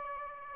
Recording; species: mosquito wingbeat signal from an infrared sensor; Aedes albopictus